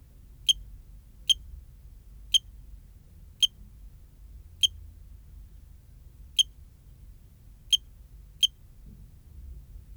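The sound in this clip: Eugrylloides pipiens cricket chirping: short, sharp, high-pitched chirps given singly at uneven gaps of about one to two seconds, eight in all, over a quiet low hum.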